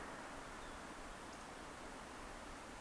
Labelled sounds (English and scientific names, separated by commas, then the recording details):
Eurasian Woodcock (Scolopax rusticola) whistle
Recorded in Baden-Württemberg, Germany, on 30 May 2021 at 19:55 UTC
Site 43323, 910 m above sea level